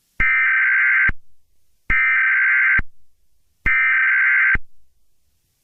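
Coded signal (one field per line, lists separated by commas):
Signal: Emergency Alert System (SAME) tones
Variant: header bursts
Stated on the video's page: Fictional EAS scenario that uses valid EAS tones.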